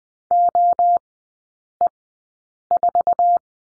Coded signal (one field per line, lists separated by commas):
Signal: Morse code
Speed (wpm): 20 wpm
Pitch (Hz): 700 Hz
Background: none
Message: OE4